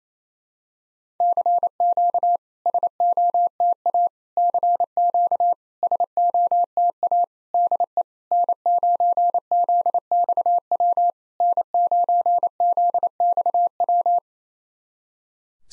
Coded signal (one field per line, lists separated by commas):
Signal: Morse code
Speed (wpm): 28 wpm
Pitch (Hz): 700 Hz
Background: none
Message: CQ SOTA CQ SOTA DE N9ZXW N9ZXW